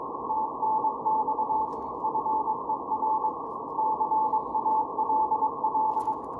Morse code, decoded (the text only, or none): TNX FER CALL